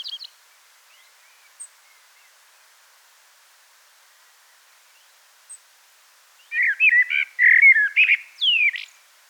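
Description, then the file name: Common blackbird: mostly quiet at first, then one loud mellow warbled phrase closing with a squeaky flourish. "Turdus merula"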